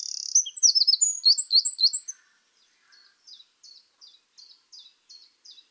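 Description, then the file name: Eurasian wren song: a loud, rapid burst of high trills and twittering notes for about two seconds, then a quieter series of short chipping notes repeated about three times a second. "Troglodytes troglodytes"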